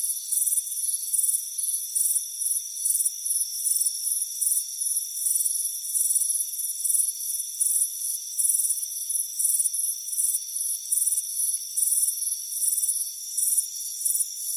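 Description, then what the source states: Crickets chirping steadily in short, high pulsed bursts over a continuous thin, high-pitched drone. Chirping crickets on a warm afternoon at a front porch.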